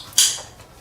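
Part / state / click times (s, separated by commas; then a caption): recoil spring assembly into pistol slide against barrel / seated / 0.2 s. During reassembly of an FN 509 Midsize pistol, the recoil spring assembly is dropped into the slide against the barrel and snaps into its seat at 0.2 s with a sharp, bright metallic click that fades quickly. The spring self-centers, clicking in place and holding.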